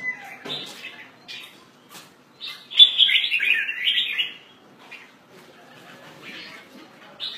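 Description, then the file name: Red-whiskered bulbul giving scattered short chirps, then a longer jumbled chattering phrase in the middle, followed by sparse notes. "Pycnonotus jocosus"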